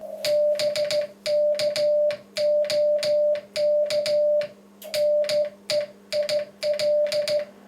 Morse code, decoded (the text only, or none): BKOK NEIL